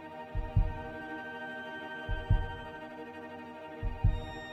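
Three paired low thumps, each a lub-dub, repeat steadily at a slow pace of about 35 a minute. They sound like a heartbeat played as a recording, in place of background music, with a steady droning hum underneath throughout.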